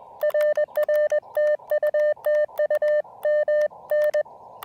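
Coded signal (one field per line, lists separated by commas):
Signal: Morse code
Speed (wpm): 20 wpm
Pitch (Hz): 590 Hz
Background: none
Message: RR TU TU MN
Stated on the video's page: QRP CW POTA park activation using Elecraft KX2 with KXPD2 paddles and an end-fed half-wave antenna.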